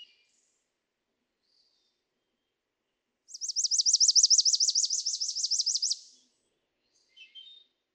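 Chipping Sparrow song: a dry, rapid trill of many identical high chips lasting under three seconds, then a faint brief call afterward in otherwise quiet surroundings.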